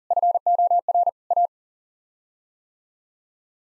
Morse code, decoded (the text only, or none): FOR A